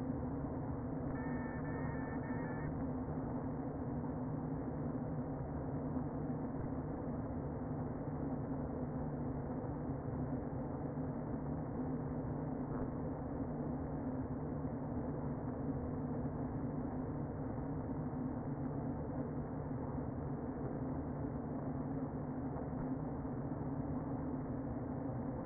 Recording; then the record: honeybee colony, microphone inside the hive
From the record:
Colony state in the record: queen present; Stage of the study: before two queens were removed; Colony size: about 60,000 bees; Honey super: yes